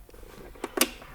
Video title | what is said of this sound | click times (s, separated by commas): TOTO - How to Fit This Amazing Toilet From Japan | into position you can hear it click | 0.8 s